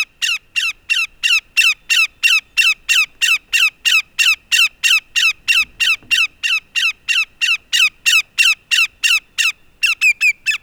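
Greater yellowlegs: shorebird-type loud repeated call, harsh sharply descending notes delivered about three per second in an even series, ending with a quick burst of faster notes.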